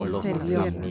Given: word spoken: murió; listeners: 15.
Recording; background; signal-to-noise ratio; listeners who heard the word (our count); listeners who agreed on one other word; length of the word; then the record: one Spanish word in noise, from a listening test; four-talker babble; -1.3 dB; 0 of 15; 6 of 15; 0.51 s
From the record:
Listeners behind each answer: 6, 1, 1, 1, 1, 1, 1, 1, 1, 1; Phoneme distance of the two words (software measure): 44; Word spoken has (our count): 2 syllables, 5 phonemes, stress on syllable 2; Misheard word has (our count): 2 syllables, 5 phonemes, stress on syllable 1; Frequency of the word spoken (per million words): 54.72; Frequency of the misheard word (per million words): 13.85